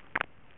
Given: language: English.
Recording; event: throat vibration sensor signal played as sound; swallow